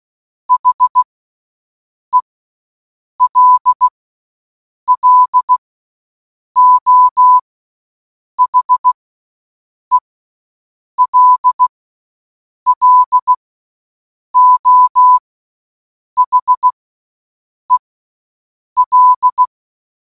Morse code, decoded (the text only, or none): HELLO HELLO HEL